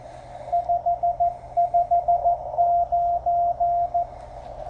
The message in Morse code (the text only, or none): 559